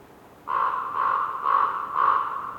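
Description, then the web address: Raven croaking four times in a steady series, about one call every half second, hoarse and throaty. Raven croaking in a winter forest during a windy, whistling blizzard with snow, North Laurentian Woods, Canada. "WINTER Forest windy whistling blizzard snow with raven bird croaking, North Laurentian Woods, Canada. GDC 2018-Game Audio Bundle"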